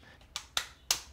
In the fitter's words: make sure it clicks